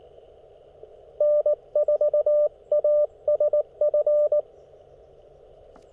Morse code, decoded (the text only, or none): N4ASF